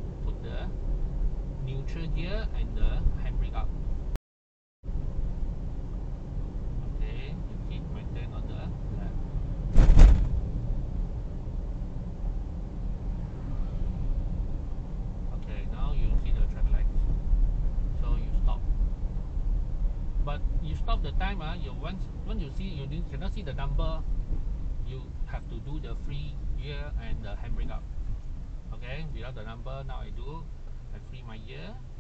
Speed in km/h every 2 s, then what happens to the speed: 41, 41, 40, 40, 41, 40, 41, 39, 38, 37, 34, 32, 25, 21, 13, 0.
0-19 steady at about 40. 19-32 slows to 0.